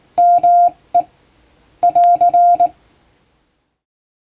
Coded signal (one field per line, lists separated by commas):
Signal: Morse code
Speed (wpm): 20 wpm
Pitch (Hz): 700 Hz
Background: none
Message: ME <AR>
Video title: 毎日聴いてモールスラーニング！アマチュア無線ハムの受信練習用に綺麗な手打ちで平文の欧文モールス信号を叩いてみました。YouTubeの再生速度を調整して聴こう(morse code learning)